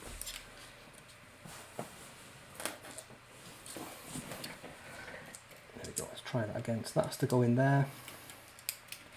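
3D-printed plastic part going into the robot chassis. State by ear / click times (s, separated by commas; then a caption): seated / 8.7 s. A 3D-printed plastic part of the SMARS robot kit is pushed into its slot on the robot chassis while someone talks, with light plastic handling clicks and taps throughout. It clicks into place with a sharp click at 8.7 s, seated as confirmed.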